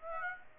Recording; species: mosquito wingbeat signal from an infrared sensor; Aedes aegypti